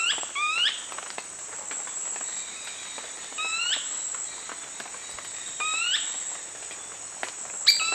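Brownish twistwing repeating rising call notes, often doubled, at irregular intervals, under a persistent high insect whine.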